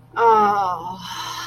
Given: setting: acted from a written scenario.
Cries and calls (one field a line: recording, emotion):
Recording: vocal sound without words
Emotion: contentment